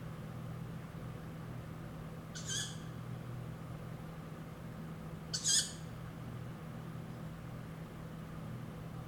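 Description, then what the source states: Tawny owl giving two short, hissy, high-pitched calls about three seconds apart over a steady low hum. Young tawny owl that has left the nest (branchling).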